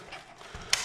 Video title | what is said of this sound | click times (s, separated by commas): X-Shot Chaos Meteor Review & Chrono Test! | follower all the way up till it locks in place and then you can load your six rounds into there and | 0.7 s